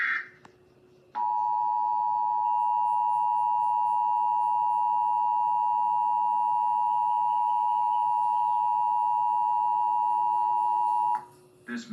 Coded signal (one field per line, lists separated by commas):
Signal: Emergency Alert System (SAME) tones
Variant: 853 and 960 Hz attention tone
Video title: EAS Scenario Cloverfield: Manhattan Hammerdown Reaction